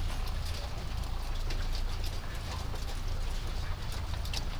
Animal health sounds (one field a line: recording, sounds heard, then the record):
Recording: poultry house recording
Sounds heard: sick chickens (respiratory disease)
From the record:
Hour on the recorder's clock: 0